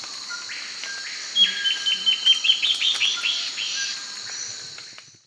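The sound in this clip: Bird gives a quick cascade of chirps that blur together, over a steady high hum.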